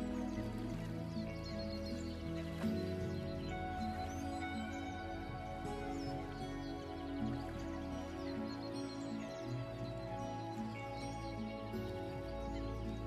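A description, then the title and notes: Birds chirp in short, bright calls above a steady bed of guitar music that plays continuously throughout. The guitar sits low and full with sustained, overlapping notes, while the scattered bird calls come and go with little pause. Relax to the sounds of birds in nature and guitar music.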